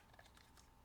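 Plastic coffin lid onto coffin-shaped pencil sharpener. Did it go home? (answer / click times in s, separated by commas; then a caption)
no / none. A plastic coffin-shaped lid is handled against a coffin-shaped pencil holder and sharpener, making a few faint, light plastic ticks and taps near 0.2, 0.4 and 0.6 seconds over a quiet background. The lid has not snapped into place yet; nothing has seated or clicked.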